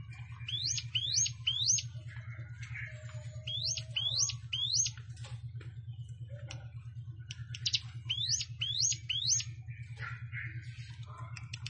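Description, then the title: Plain prinia song in repeated triplets of sharp, rising upswept notes, three bursts throughout, with faint buzzy chirps between and a constant low hum beneath. "Ciblek Sawah"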